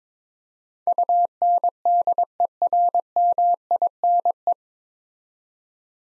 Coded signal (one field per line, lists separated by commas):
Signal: Morse code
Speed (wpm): 22 wpm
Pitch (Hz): 700 Hz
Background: none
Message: UNDERMINE